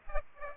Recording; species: mosquito wingbeat signal from an infrared sensor; Aedes aegypti